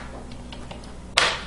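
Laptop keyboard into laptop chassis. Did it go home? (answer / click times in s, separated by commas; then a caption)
yes / 1.2 s. A replacement keyboard for a Dell Inspiron 1520 laptop, with its front tabs lined up in the grooves, is pressed down into the laptop frame. A few faint ticks come before one sharp, loud click at 1.2 s as the retaining clips snap into place and the keyboard seats.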